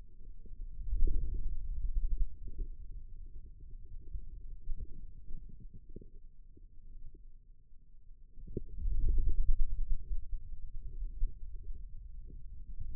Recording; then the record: forearm muscle sounds (acoustic myography)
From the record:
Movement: ulnar deviation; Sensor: system 2, bracelet of six BSWA MPA416 microphones around the upper forearm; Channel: 4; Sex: male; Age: 22 years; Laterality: right